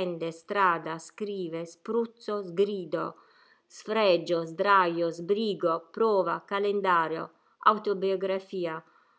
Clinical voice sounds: read list of words; Italian; female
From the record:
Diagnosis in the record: healthy control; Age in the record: 61 years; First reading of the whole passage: 67 s, 7.7 characters per second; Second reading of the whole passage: 54 s, 9.6 characters per second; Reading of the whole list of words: 44 s, 6.4 characters per second

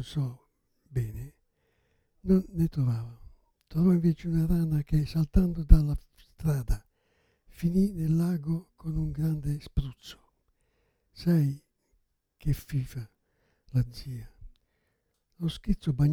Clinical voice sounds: read passage; Italian; male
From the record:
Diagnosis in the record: Parkinson's disease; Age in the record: 77 years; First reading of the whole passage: 65 s, 8.0 characters per second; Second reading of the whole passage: 61 s, 8.5 characters per second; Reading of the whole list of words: 50 s, 5.6 characters per second

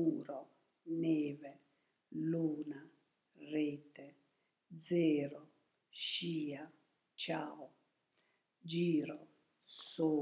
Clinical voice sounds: read list of words; Italian; female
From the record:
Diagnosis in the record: healthy control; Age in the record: 72 years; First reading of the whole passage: 67 s, 7.5 characters per second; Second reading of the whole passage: 67 s, 7.5 characters per second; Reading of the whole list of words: 68 s, 4.2 characters per second

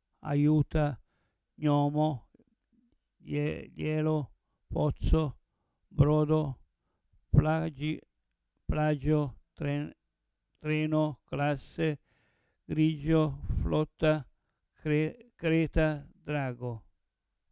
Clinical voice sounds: read list of words; Italian; male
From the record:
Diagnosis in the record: Parkinson's disease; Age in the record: 70 years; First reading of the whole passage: 112 s, 4.6 characters per second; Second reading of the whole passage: 107 s, 4.9 characters per second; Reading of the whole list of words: 68 s, 4.1 characters per second

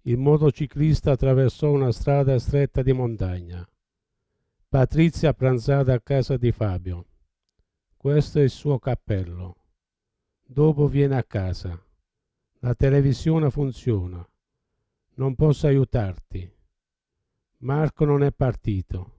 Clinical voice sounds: read phrases; Italian; male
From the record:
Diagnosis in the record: Parkinson's disease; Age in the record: 70 years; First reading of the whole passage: 68 s, 7.6 characters per second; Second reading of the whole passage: 61 s, 8.4 characters per second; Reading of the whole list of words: 64 s, 4.4 characters per second

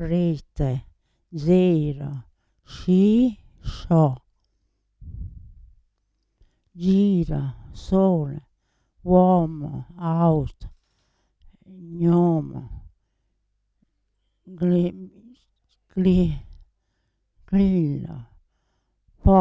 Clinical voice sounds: read list of words; Italian; female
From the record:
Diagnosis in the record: Parkinson's disease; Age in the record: 80 years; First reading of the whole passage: 169 s, 3.1 characters per second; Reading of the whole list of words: 101 s, 2.8 characters per second

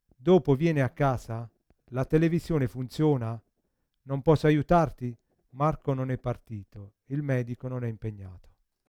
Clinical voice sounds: read phrases; Italian; male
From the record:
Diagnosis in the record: Parkinson's disease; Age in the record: 50 years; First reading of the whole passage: 72 s, 7.2 characters per second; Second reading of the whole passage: 54 s, 9.6 characters per second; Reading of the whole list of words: 40 s, 7.1 characters per second

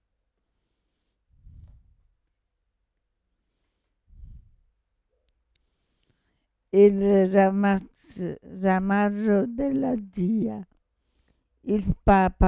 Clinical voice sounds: read passage; Italian; female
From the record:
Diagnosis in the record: Parkinson's disease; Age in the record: 65 years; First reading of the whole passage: 242 s, 2.1 characters per second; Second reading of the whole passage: 180 s, 2.9 characters per second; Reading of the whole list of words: 168 s, 1.7 characters per second

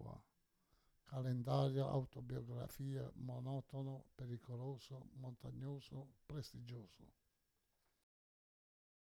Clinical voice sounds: read list of words; Italian; male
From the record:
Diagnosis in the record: Parkinson's disease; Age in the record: 68 years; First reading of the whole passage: 84 s, 6.2 characters per second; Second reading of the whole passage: 63 s, 8.2 characters per second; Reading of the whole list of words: 57 s, 5.0 characters per second

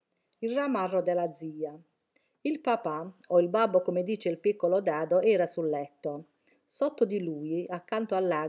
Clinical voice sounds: read passage; Italian; female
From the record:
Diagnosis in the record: healthy control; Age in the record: 61 years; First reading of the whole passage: 59 s, 8.5 characters per second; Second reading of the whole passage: 54 s, 7.6 characters per second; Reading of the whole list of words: 57 s, 4.9 characters per second

